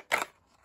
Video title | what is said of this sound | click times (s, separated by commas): キクナイフ Model-J | ハマる時はカチッとはまるこれが他のモデルでもブレなく一貫してるんですよねこれほら | 0.1 s